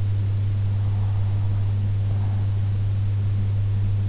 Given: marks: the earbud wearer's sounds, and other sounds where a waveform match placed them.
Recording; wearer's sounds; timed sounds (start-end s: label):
sounds in sleep by an in-ear microphone; breath
1.43-3.43 s: breath